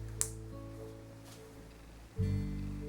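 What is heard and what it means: A fabric snap button on the back piece of a hat is buckled onto the snap on the hat to join the front and back pieces, giving a single sharp snap at 0.2 s as it presses closed and seats. Music plays throughout, swelling louder near the end.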